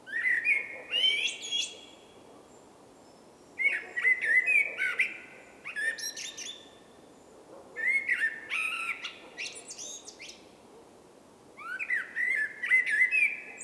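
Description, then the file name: Common blackbird song: several relaxed fluted phrases a few seconds apart, most trailing into high squeaky twittering notes. "Turdus merula"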